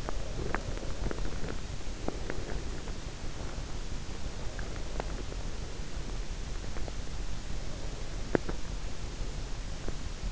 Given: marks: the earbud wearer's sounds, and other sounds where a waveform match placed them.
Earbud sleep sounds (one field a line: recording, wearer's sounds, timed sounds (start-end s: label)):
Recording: sounds in sleep by an in-ear microphone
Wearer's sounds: teeth grinding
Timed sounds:
0.00-3.37 s: teeth grinding
4.28-7.08 s: teeth grinding
8.18-10.32 s: teeth grinding